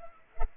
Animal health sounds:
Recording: mosquito wingbeat signal from an infrared sensor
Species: Culex pipiens

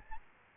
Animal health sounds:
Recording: mosquito wingbeat signal from an infrared sensor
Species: Aedes albopictus

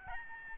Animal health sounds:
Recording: mosquito wingbeat signal from an infrared sensor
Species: Aedes albopictus

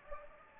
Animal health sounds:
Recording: mosquito wingbeat signal from an infrared sensor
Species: Anopheles gambiae

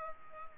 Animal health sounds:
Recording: mosquito wingbeat signal from an infrared sensor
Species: Culex pipiens

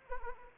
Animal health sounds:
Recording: mosquito wingbeat signal from an infrared sensor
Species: Anopheles arabiensis

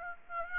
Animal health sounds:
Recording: mosquito wingbeat signal from an infrared sensor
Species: Aedes aegypti

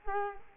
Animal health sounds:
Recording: mosquito wingbeat signal from an infrared sensor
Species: Culex quinquefasciatus

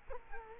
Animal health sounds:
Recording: mosquito wingbeat signal from an infrared sensor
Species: Culex quinquefasciatus

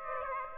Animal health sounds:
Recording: mosquito wingbeat signal from an infrared sensor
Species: Aedes aegypti

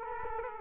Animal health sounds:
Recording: mosquito wingbeat signal from an infrared sensor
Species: Culex quinquefasciatus

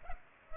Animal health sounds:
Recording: mosquito wingbeat signal from an infrared sensor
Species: Culex pipiens

